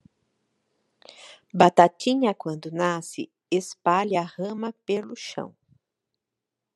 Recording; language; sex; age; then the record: short text; Brazilian Portuguese; female; 40 to 49 years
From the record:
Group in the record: control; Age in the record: 49 years